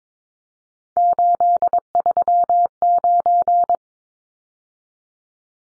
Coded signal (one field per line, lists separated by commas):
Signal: Morse code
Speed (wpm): 22 wpm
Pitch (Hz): 700 Hz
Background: none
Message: 839